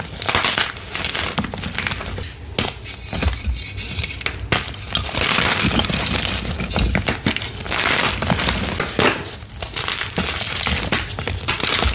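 Gym chalk blocks are crushed in a nonstop run of dense, crunchy crumbling and crinkling, with sharp cracks every second or so and a steady low rumble.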